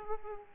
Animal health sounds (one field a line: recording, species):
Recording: mosquito wingbeat signal from an infrared sensor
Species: Aedes aegypti